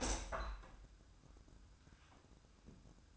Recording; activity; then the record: daily activity, microphone in the room; open window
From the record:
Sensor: 2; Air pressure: 1004.5 hPa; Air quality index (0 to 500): 111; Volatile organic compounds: 3 ppm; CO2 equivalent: 1336 ppm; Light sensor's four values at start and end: 6/14/5/5 and 6/15/6/6